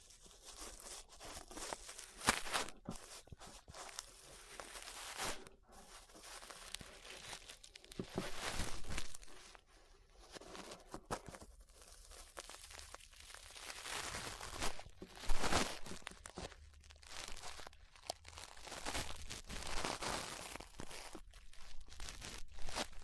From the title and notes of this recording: ASMR Relaxing 3Dio Ear Brushing (No Talking).